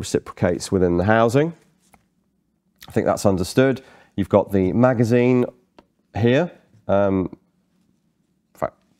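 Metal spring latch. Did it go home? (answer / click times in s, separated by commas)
released / 8.6 s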